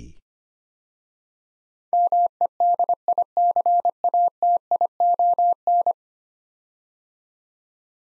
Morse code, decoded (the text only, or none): MEDICATION